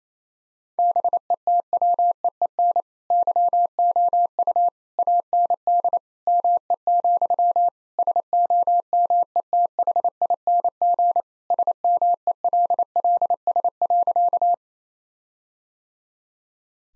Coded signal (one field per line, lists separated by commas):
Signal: Morse code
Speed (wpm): 27 wpm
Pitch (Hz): 700 Hz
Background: none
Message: BETWEEN YOU AND ME, SOMETHING SMELLS.